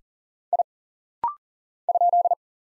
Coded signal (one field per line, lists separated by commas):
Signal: Morse code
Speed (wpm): 40 wpm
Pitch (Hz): 700 Hz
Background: none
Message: I ?